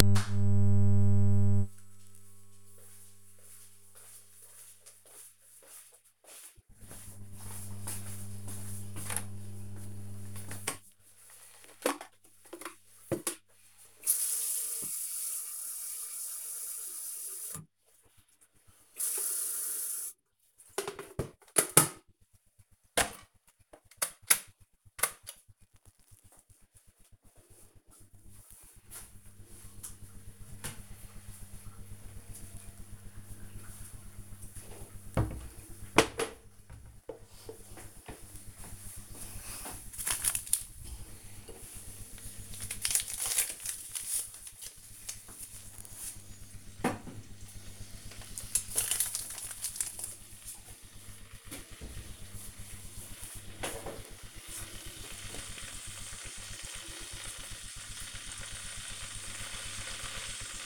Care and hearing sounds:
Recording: household activities, microphone on the right wrist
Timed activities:
8.55-60.66 s: making tea

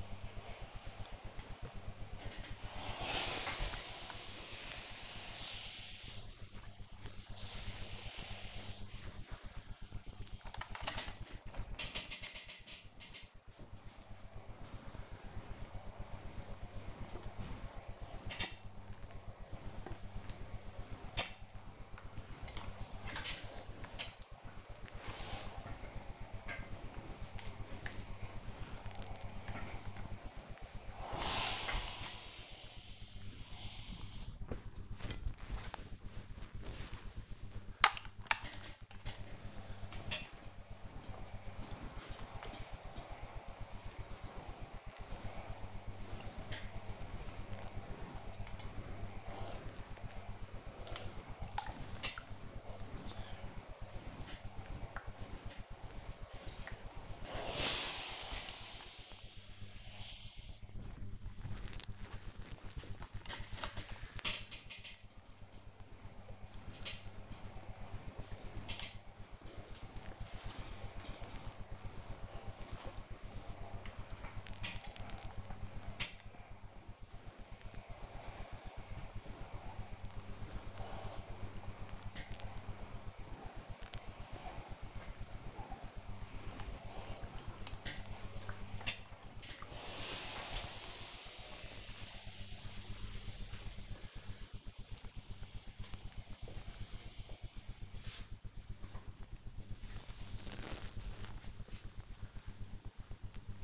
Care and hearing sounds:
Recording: household activities, microphone on the right wrist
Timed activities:
0.00-98.67 s: ironing laundry

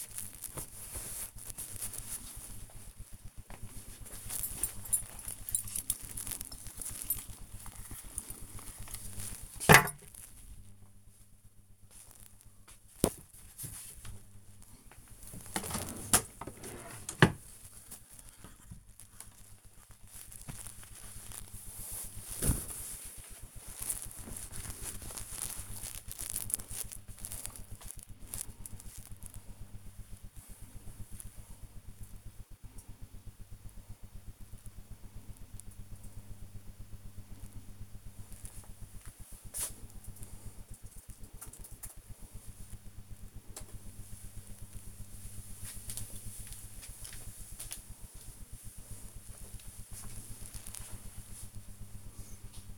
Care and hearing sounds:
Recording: household activities, microphone on the right wrist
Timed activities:
0.00-34.34 s: tidy up the wardrobe
43.40-52.78 s: tidy up the wardrobe

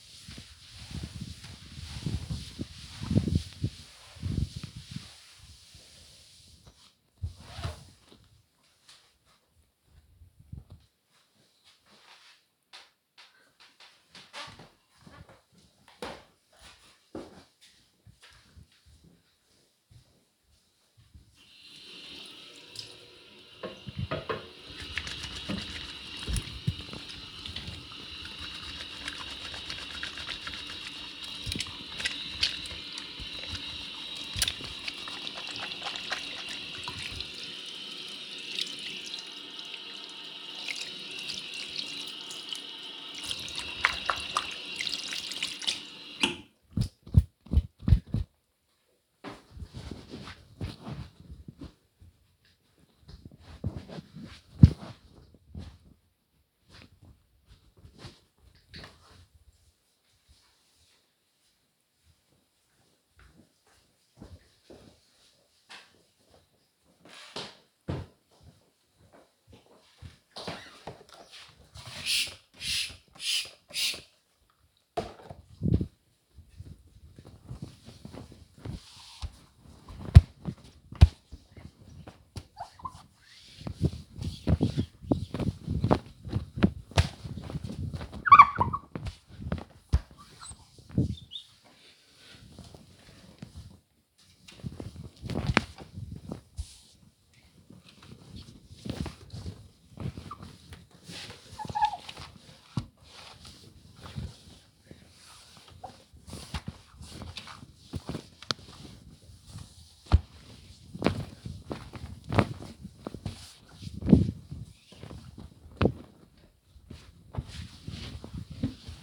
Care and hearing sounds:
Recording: household activities, microphone on the right wrist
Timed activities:
0.00-9.02 s: cleaning table
21.07-48.18 s: washing hands
71.26-119.03 s: window cleaning

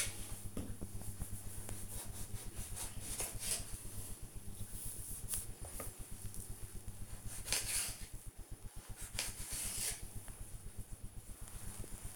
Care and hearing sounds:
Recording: household activities, microphone on the right wrist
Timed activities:
0.00-12.16 s: cutting vegetables

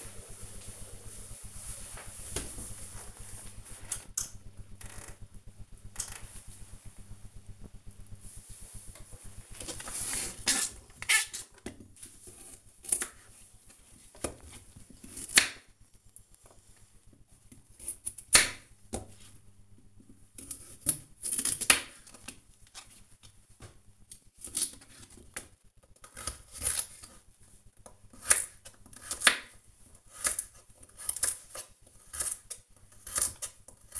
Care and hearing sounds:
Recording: household activities, microphone on the right wrist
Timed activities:
9.02-34.00 s: cutting vegetables

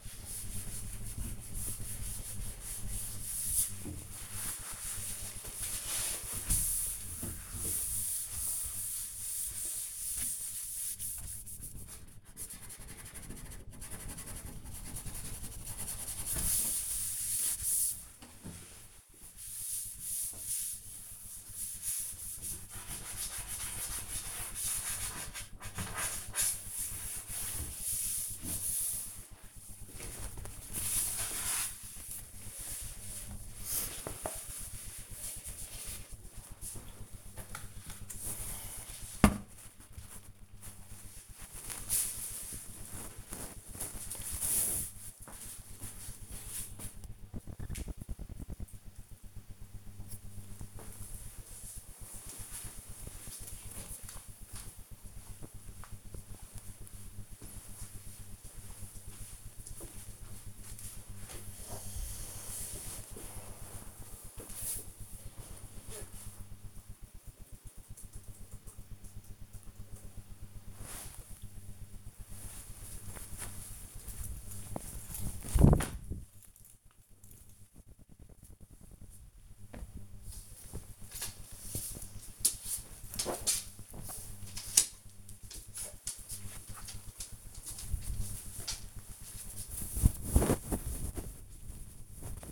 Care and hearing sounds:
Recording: household activities, microphone on the right wrist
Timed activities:
0.00-36.74 s: cleaning door
70.99-84.05 s: folding laundry
87.06-92.51 s: folding laundry

